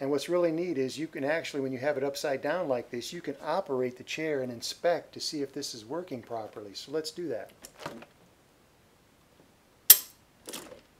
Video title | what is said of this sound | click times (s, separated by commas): Troubleshooting the La-z-boy 3-Position Footrest Feature | the pin drops to the first step and you hear a noticeable click | 9.9 s